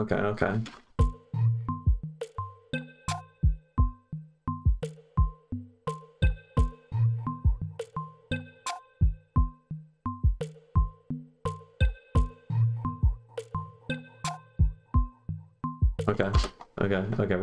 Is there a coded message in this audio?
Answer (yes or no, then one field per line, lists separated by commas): no